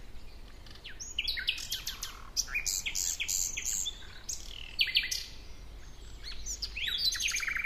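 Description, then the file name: Common nightingale song of varied chirps, clipped whistles and short rattling series, with pauses between phrases and a soft hiss throughout. "Luscinia megarhynchos"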